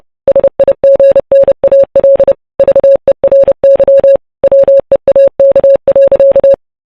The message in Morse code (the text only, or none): SIGNAL VERY WEAK.